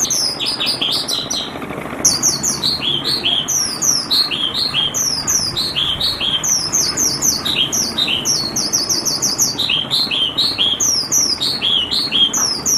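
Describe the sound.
Javan bush lark pouring out a long, fast song of high slurred chirps in repeated groups, briefly pausing near two seconds, then continuing without break.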